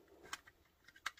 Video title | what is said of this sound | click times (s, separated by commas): Fanshobby and The Chosen Prime MB-13B 2023 Los Angeles TFCON Transformer Bossman Exclusive. | You hear a little snap. Like that. And there it is. It's on there. | 1.1 s